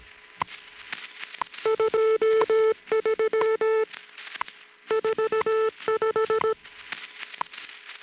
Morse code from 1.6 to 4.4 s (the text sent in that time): 23